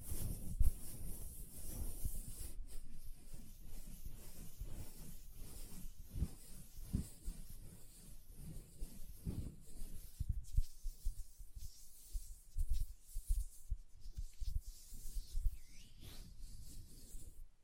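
Hand sounds with lotion: a steady, dense run of soft rubbing and squishing, with low thumps scattered throughout and a faint high hiss above. Around the ten-second mark it thins slightly, with sharper clicks and brief bright swishes coming through more often.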